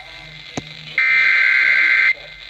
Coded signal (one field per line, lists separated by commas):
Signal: Emergency Alert System (SAME) tones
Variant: header bursts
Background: speech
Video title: ILN SVR over WIHO FM (EAS 384)